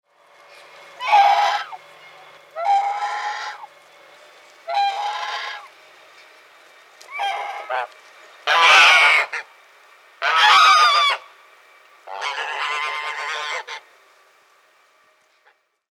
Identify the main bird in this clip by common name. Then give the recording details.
Swan Goose. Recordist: Tembrock, Günter. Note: Rufe einer Gruppe